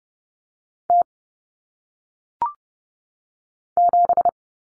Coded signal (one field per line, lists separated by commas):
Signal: Morse code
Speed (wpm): 30 wpm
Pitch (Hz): 700 Hz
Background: none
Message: T 7